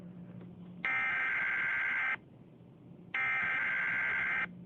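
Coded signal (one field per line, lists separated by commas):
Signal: Emergency Alert System (SAME) tones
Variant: header bursts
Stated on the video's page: Fictional angry EAS parody using actual EAS tones during a mock tornado warning.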